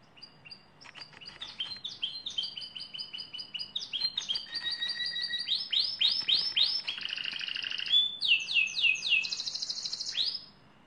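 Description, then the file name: Lizard canary song with short chips building into rapid trills, rolled sweeping phrases and a high buzzy run, stopping abruptly near the end. "canto do canario lizard"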